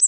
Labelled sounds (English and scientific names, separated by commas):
Cape May Warbler (Setophaga tigrina) flight call